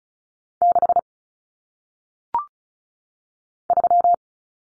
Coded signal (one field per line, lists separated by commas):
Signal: Morse code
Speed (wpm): 36 wpm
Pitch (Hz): 700 Hz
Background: none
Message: 6 3